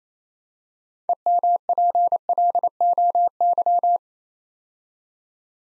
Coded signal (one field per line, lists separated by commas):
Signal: Morse code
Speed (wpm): 28 wpm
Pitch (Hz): 700 Hz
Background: none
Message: EMPLOY